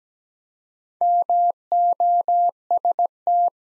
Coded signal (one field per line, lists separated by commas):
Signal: Morse code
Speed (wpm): 17 wpm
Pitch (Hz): 700 Hz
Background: none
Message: MOST